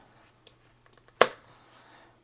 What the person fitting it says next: we want to hear that click and it's locked up now in this position